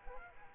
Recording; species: mosquito wingbeat signal from an infrared sensor; Aedes aegypti